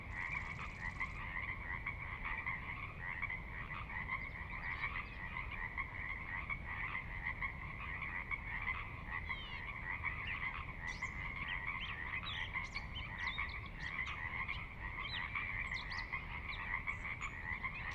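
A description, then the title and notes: A dense, unbroken chorus of frogs fills a valley at midnight, their overlapping croaks forming a steady trilling wall with a bright, buzzing edge. Faint higher chirps and clicks flicker above the chorus from about ten seconds onward, over a low murmur of background noise. Sinlahekin Valley midnight. The valley itself is a 16 mile long, 1/2-mile wide glacier-dug trench near the Northeastern slope of the Cascades. I've not filtered any of the water wash in these recordings.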